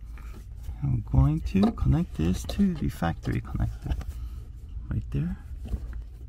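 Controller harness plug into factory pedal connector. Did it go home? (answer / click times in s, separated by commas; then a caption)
no / none. Someone talks while holding the other end of a ShiftPower throttle response controller harness plug up to the factory accelerator pedal connector on a Lexus CT200h. Only faint, brief handling ticks are heard, around 0.2 s and near 5.9–6.0 s. Nothing has seated or clicked yet.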